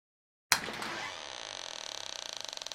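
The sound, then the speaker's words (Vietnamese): A sharp metallic click of a latch being opened on the door of a closed room on a cold day gives way to a long, high-pitched, ear-piercing creak of an old, long-unused door hinge, grinding on steadily with a rapid ratcheting pulse toward the end. No voices. “Tiếng chốt vừa được mở, cùng với tiếng kêu rít tai của bản lề cánh cửa cũ lâu ngày vừa vang lên bên tai của Kiều, làm cho cô giật mình.”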